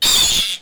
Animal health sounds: pig call; piglet (1 to 25 days)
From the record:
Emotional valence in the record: negative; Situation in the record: restrain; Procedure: sham castration, fixation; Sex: male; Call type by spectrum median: high-frequency call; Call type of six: high-frequency modulated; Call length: 0.62 s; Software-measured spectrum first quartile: 3387 Hz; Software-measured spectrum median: 4637 Hz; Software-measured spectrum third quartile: 7558 Hz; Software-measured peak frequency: 3555 Hz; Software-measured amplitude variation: 81 dB a second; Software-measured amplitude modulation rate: 20.2 a second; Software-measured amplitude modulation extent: 4.0 dB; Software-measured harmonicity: 4.3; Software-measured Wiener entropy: -1.86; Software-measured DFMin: 1548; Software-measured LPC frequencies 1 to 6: 1045, 3558, 4629, 6851, 7350, 8138 Hz

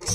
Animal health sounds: pig call; weaner (32 to 43 days)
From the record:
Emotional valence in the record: negative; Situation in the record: long isolation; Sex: female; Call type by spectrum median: high-frequency call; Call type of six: high-frequency stable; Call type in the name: high-frequency stable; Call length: 0.15 s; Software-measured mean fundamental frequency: 100 Hz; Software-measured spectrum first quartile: 319 Hz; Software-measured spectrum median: 3944 Hz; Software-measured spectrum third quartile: 6218 Hz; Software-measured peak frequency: 98 Hz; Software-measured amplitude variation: 104 dB a second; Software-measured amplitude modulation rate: 23.4 a second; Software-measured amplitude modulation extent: 4.5 dB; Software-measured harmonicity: 4.4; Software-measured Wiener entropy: -2.32

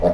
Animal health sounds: pig call; piglet (1 to 25 days)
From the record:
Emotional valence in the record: positive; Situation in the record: reunion after long isolation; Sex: male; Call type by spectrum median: low-frequency call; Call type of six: low-frequency tonal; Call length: 0.14 s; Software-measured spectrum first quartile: 257 Hz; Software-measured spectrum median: 506 Hz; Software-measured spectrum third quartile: 625 Hz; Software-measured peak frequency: 615 Hz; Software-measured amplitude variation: 128 dB a second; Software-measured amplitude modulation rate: 10.8 a second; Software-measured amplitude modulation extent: 11.9 dB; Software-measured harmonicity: 4.3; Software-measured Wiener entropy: -0.93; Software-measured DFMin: 1028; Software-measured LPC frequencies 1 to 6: 600, 1742, 3666, 4530, 5330, 6307 Hz

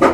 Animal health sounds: pig call; growing-finishing pig (85 days or more)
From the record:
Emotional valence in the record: positive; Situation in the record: run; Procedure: transit

